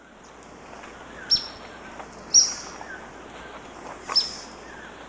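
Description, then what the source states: Ornate flycatcher giving sharp, very high single notes one to two seconds apart, three in all, with faint softer bird sounds in the background. Ecuador.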